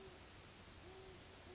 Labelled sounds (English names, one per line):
Great Horned Owl